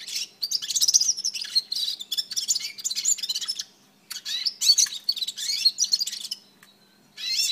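Red-fronted serin twittering, a rapid stream of high, tinkling and buzzy notes in bursts, pausing briefly near four seconds before resuming.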